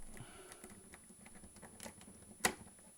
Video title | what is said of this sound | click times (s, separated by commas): Marvel Select Venom (Eddie Brock) Review | and it snaps right in | 2.5 s